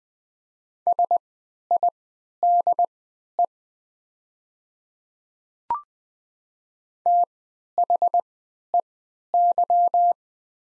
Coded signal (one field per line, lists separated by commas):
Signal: Morse code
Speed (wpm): 20 wpm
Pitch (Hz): 700 Hz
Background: none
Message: SIDE THEY